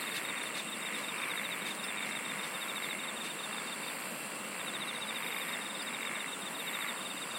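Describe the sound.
Insects singing in a steady chorus: a constant high whine with fast pulsed trills that start, stop, then resume, over a dense bed of hiss.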